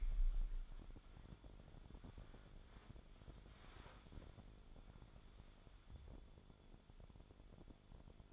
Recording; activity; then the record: daily activity, microphone in the room; wipe stove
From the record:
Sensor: 5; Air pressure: 1015.2 hPa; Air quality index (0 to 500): 175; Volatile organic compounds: 6 ppm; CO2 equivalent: 1893 ppm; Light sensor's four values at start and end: 35/83/34/36 and 35/83/34/36